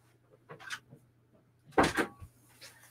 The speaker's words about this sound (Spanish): Me vaya a perdonar que haga un segundo de pausa, que voy a cerrar una puerta.